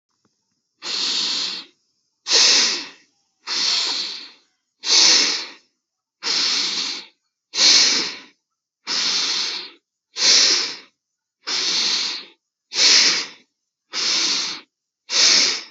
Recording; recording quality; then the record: deep breathing; excellent, no background noise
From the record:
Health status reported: healthy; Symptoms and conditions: none ticked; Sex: male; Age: 30 years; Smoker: not ticked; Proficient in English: yes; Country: India